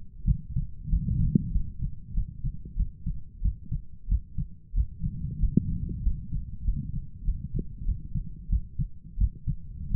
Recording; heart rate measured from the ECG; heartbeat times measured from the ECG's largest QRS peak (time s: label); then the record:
heart sounds by stethoscope; 93 bpm
0.25 s: heartbeat
0.90 s: heartbeat
1.52 s: heartbeat
2.14 s: heartbeat
2.76 s: heartbeat
3.42 s: heartbeat
4.08 s: heartbeat
4.74 s: heartbeat
5.40 s: heartbeat
6.03 s: heartbeat
6.65 s: heartbeat
7.25 s: heartbeat
7.85 s: heartbeat
8.49 s: heartbeat
9.18 s: heartbeat
9.91 s: heartbeat
From the record:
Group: healthy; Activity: rest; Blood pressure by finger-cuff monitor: 124/69 mmHg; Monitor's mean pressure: 82 mmHg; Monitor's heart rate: 93 bpm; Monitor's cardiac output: 8.1 L/min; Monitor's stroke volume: 84 mL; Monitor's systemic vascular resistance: 710 dyn s/cm5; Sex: male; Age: 23 years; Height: 179 cm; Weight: 87 kg